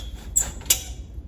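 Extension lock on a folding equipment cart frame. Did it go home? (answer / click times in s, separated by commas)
yes / 0.7 s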